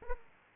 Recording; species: mosquito wingbeat signal from an infrared sensor; Aedes aegypti